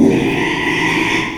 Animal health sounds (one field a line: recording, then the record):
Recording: squeal of a Yucatan mini pig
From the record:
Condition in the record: after surgery on the right vocal fold (resection and tissue-engineered implant)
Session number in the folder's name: 1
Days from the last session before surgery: 6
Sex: male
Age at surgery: 12 weeks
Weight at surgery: 13 kg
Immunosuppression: cyclosporine, prednisolone